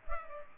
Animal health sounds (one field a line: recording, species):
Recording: mosquito wingbeat signal from an infrared sensor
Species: Culex pipiens